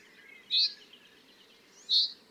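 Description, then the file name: Common chaffinch calls: two short, sharp, high notes about one and a half seconds apart over a soft, steady background hiss. "Fringilla coelebs"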